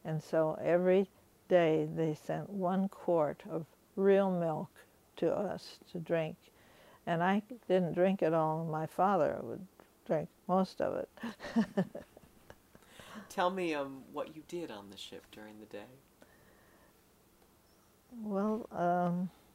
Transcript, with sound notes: And so every day they sent one quart of real milk to us to drink. And I didn't drink it all. My father would drink most of it. (she laughs)
Tell me what you did on the ship during the day.
Well,